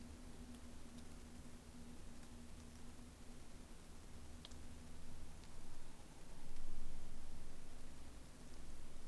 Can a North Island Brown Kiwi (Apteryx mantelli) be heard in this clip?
no